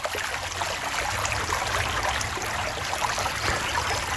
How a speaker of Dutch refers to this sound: Sneerlands beken en rivieren zijn inmiddels goed gevuld. En er zit ook nog een heerlijke hegemus doorheen.